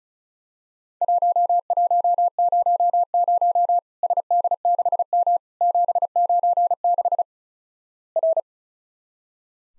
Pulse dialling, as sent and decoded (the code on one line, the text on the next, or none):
none